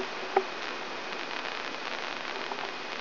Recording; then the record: brain microelectrode recording played as sound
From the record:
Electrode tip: inside the subthalamic nucleus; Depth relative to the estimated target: 0 mm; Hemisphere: right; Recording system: AlphaMap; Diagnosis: Parkinson's disease